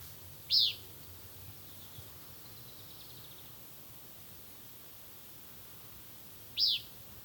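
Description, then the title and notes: Mountain elaenia calls: two short, sharp high notes about six seconds apart. Recorded during a bird-watching outing at a viewpoint in Suba, Bogotá, Colombia, on 23 March 2025. "Audio grabado en el Mirador de los Nevados, localidad Suba, Bogotá. Avistamiento de aves hecho el 23 de marzo del año 2025 con el grupo ABO. Se registraron una Elaenia frantzii (Elaenia de montaña), una Myiothlypis nigrocristata (Reinita crestinegra) y un Zonotrichia capensis (copetón)"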